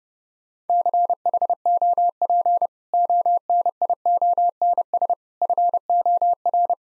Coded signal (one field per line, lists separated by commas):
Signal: Morse code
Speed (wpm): 32 wpm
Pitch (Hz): 700 Hz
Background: none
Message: CHOP ONIONS FOR